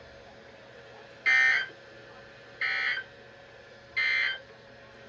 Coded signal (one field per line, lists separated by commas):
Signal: Emergency Alert System (SAME) tones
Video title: achoo. (EAS 576-583)